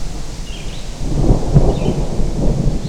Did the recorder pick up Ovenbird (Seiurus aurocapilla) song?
no